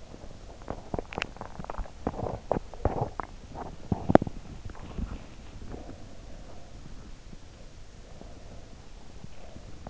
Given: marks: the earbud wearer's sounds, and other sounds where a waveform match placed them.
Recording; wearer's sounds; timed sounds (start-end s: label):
sounds in sleep by an in-ear microphone; teeth grinding
0.00-5.89 s: teeth grinding